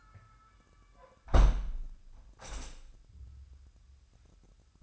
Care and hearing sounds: daily activity, microphone in the room; close window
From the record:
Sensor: 2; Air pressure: 997.9 hPa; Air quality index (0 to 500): 141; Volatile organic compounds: 4 ppm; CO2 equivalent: 1593 ppm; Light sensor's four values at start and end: 10/30/12/12 and 10/30/12/12

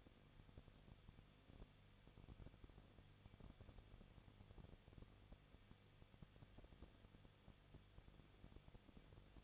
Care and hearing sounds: daily activity, microphone in the room; no activity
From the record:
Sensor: 4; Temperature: 23.0 degrees Celsius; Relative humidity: 34.2%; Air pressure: 1007.4 hPa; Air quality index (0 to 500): 212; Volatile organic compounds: 14 ppm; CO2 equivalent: 2442 ppm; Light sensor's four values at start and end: 2/3/1/1 and 2/3/1/1

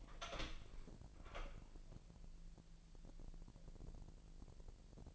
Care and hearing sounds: daily activity, microphone in the room; open door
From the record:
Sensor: 5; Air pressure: 1001.4 hPa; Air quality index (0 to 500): 248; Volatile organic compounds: 35 ppm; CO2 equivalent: 3062 ppm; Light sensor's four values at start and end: 37/86/34/33 and 37/85/34/33

